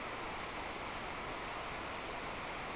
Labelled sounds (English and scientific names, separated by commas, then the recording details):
none
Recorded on Arctic tundra, site NAIT-1, on 26 June 2018
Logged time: 09:00